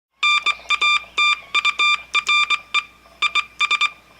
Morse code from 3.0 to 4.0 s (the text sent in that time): IS